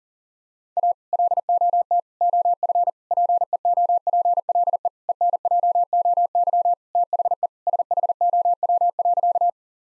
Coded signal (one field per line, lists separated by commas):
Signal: Morse code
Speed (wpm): 40 wpm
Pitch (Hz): 700 Hz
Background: none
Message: A LOT OF PEOPLE ENJOY THE SHOW.